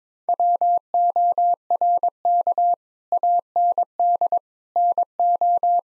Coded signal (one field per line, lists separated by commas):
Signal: Morse code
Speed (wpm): 21 wpm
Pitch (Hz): 700 Hz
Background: none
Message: WORK AND NO